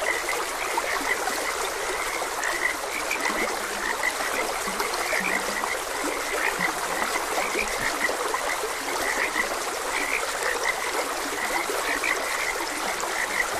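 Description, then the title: Frogs croak in a continuous chorus over a gently rushing stream. Frogs croaking beside a gentle stream. "Gentle Stream and Frogs Croaking"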